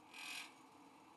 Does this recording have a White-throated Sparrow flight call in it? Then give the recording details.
no. No flight call is heard. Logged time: 08:15 on 5 December 2014